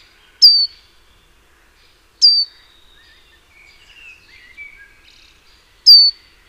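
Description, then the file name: Great tit calls: three sharp, high, downward-slurred notes at roughly 0.5, 2.2 and 5.9 seconds, with faint softer warbling notes between them. "Parus major"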